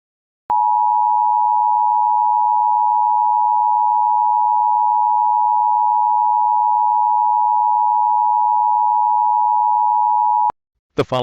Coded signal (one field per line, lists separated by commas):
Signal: Emergency Alert System (SAME) tones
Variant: 853 and 960 Hz attention tone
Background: speech